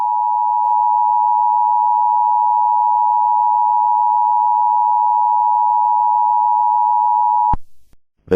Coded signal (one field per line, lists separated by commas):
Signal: Emergency Alert System (SAME) tones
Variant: 853 and 960 Hz attention tone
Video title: Brandon's YouTube Section 86 - WDN Network Emergency Alert System